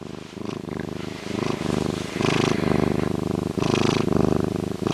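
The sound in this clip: Bobcat giving a deep rolling purr that swells louder midway, with a few soft breathy rasps between the purring phrases.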